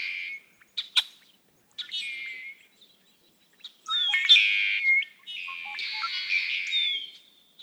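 Red-winged blackbird song: short clicking notes, then harsh buzzy trills, the last stretching over two seconds.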